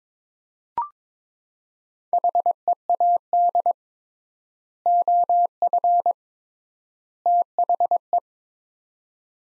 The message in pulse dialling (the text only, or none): none